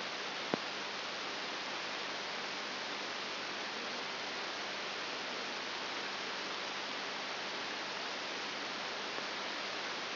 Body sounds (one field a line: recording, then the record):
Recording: brain microelectrode recording played as sound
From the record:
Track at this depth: inside the subthalamic nucleus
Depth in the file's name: 5.9 mm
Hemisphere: right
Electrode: 3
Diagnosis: Parkinson's disease